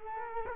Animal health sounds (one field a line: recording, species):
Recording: mosquito wingbeat signal from an infrared sensor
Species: Culex quinquefasciatus